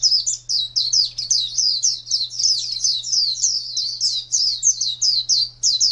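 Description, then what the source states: White-eye song, high and twittering, notes running almost seamlessly into one another for the whole stretch, with a quiet low hum. White-eye (pleci) song in the style named ngalas panjang.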